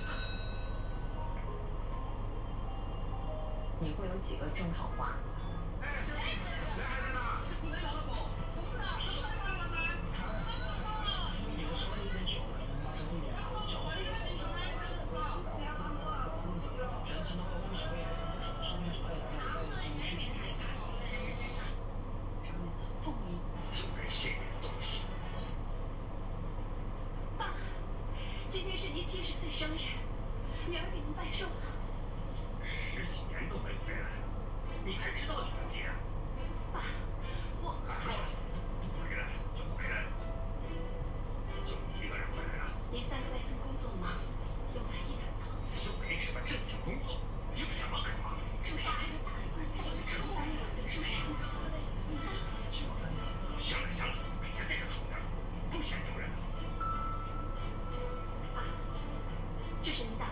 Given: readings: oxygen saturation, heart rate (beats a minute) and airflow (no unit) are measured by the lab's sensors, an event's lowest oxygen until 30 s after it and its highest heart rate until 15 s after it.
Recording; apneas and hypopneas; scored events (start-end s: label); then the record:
a person awake in a sleep study, by a smartphone at the bedside; none
0.00-60.32 s: awake
From the record:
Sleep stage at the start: awake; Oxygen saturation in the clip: 92 to 94%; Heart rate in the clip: 63 to 70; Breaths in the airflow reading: 20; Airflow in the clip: -6.4 to 5.3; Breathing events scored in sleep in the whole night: 476 in 9.7 hours asleep